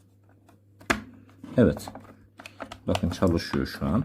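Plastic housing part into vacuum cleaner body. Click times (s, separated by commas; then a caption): 0.9 s. While reassembling a Fakir Darky 1600W vacuum cleaner after repairing a broken power cable, a plastic housing part is pressed back into the vacuum body and snaps into place with a single loud, sharp click at 0.9 s. A few quieter ticks follow around 2.4–2.7 s, and someone talks throughout.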